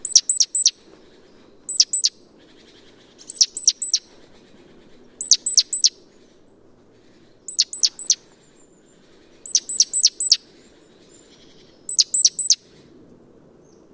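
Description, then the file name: Great tit giving high, thin descending notes in quick groups of two to four, repeated every couple of seconds over a low background rumble. "Parus major"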